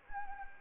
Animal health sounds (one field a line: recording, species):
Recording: mosquito wingbeat signal from an infrared sensor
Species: Anopheles gambiae